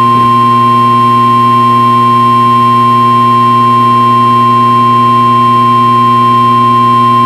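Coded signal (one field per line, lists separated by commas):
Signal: Emergency Alert System (SAME) tones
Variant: 1050 Hz attention tone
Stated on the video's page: Required Weekly Test broadcast on a NOAA Weather Radio station.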